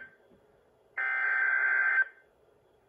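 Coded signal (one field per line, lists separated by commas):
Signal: Emergency Alert System (SAME) tones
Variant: header bursts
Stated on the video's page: NOAA Weather Radio Required Weekly Test from the Corpus Christi forecast office.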